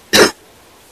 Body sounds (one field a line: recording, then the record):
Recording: coughing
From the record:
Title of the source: 60 coughing still (deep and wet cough)